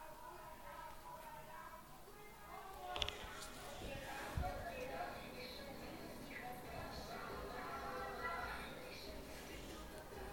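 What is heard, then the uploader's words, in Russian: A residential London neighbourhood at half past midnight, with a steady low hum under scattered voices and murmuring that rise slightly after the first few seconds. A couple of sharp knocks or thuds stand out around the third and fourth seconds. Лондон, половина первого ночи. Спальный район.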